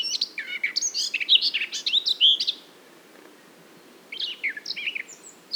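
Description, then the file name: Eurasian blackcap singing a bright, tumbling warbled phrase of mixed whistles and chirps, then a short pause before another quieter phrase begins. "Sylvia atricapilla"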